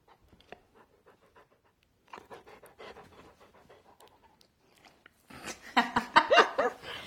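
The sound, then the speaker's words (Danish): A dog pants in quick, rhythmic breaths, soft and faint at first, then growing much louder and rougher toward the end, while a recording device is pointed at it. “Ja, men det er også, altså du tror, det er leg, når jeg retter den hen mod dig, men jeg prøver at se, hvor meget optage din lyd.”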